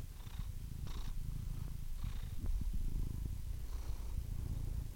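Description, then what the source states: Domestic cat giving a low continuous purr, with a few faint thin squeaks above it. Meows of domestic cats from kittens to old cats, ranging from delicate, barely audible squeaks to full-throated meows.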